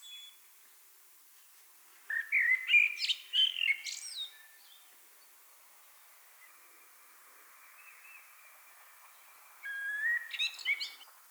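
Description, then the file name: Common blackbird delivering two song phrases separated by several seconds, each a quick run of whistles and high squeaks, with faint birdsong in the gap. "Turdus merula"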